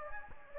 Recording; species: mosquito wingbeat signal from an infrared sensor; Anopheles gambiae